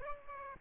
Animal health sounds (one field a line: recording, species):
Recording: mosquito wingbeat signal from an infrared sensor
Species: Aedes albopictus